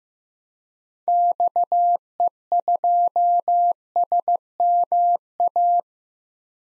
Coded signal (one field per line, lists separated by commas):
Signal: Morse code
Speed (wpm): 15 wpm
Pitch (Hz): 700 Hz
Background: none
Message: XE2SMA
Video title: DXCC-100 Call Signs - 6 Character 15wpm